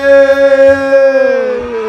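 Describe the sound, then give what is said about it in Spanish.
A loud siren holds one steady, buzzy tone for about two seconds, its pitch sagging slightly toward the end, with no voices over it. “Eso, manda a sirena para ganar tiempo, dice, a ver qué viene.”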